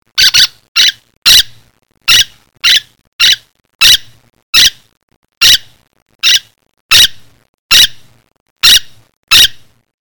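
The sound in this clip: Bird giving a series of sharp, squeaky high calls at uneven intervals, each note short and abrupt, with silence between.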